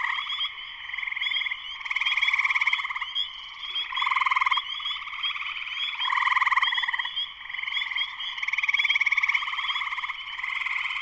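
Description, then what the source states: Spring peepers calling together, short sharp peeps crowding over buzzy pulsed trills that rise in loud bursts and drop back, repeating throughout. Spring peepers in full chorus shortly after sunset, Sleeping Bear Dunes National Lakeshore, northern Michigan, USA.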